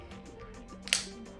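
A spring button snap on the last section of a collapsible hula hoop tube pops through its hole and seats with a sharp, bright click at 0.9 s, just after a small tick at 0.9 s. Around it there is a low, steady background with faint music-like tones.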